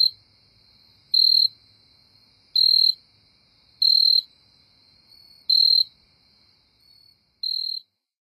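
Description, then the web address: Jumping bush cricket song, a loud, high, pure buzzing chirp lasting under half a second, repeated every second or two. North America. "Songs of Insects. Jumping Bush Cricket"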